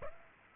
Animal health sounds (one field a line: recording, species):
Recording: mosquito wingbeat signal from an infrared sensor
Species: Aedes aegypti